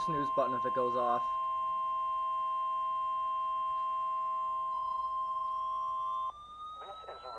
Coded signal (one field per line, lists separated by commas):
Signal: Emergency Alert System (SAME) tones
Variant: 1050 Hz attention tone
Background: speech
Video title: EAS Compilation Catch up Part 2 (EAS Alerts 29 - 81)